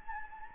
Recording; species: mosquito wingbeat signal from an infrared sensor; Anopheles gambiae